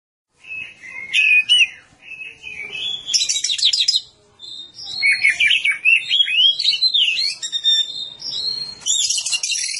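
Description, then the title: Oriental magpie-robin giving a rich song of warbled whistles, trills and scratchy buzzes, rising and falling in quick succession. "Kacer"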